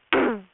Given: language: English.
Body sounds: throat vibration sensor signal played as sound; throat clearing

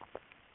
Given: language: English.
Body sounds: throat vibration sensor signal played as sound; swallow

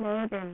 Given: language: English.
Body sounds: throat vibration sensor signal played as sound; speech

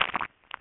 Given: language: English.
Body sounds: throat vibration sensor signal played as sound; swallow

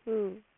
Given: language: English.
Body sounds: throat vibration sensor signal played as sound; speech

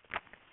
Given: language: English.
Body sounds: throat vibration sensor signal played as sound; swallow

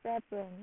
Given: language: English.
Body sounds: throat vibration sensor signal played as sound; speech

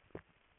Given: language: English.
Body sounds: throat vibration sensor signal played as sound; swallow

